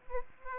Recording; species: mosquito wingbeat signal from an infrared sensor; Aedes aegypti